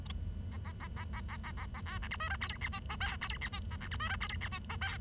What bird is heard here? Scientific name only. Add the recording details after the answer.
Lonchura striata domestica. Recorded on 23 June 2012 at 08:38. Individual gr41rd51